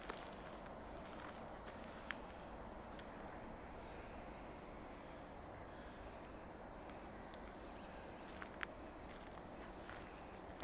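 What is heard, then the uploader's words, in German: An outdoor recording from the Berchtesgaden countryside, dominated by a steady, dense low rumble like traffic or a vehicle. Faint clicks and small knocks stand out now and then, notably near two and eight and a half seconds, over an otherwise unchanging wash. Aufnahmen aus dem Berchtesgadener Land.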